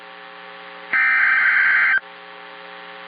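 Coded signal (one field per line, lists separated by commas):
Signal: Emergency Alert System (SAME) tones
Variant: header bursts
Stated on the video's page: Simulated virtual EAS hurricane warning.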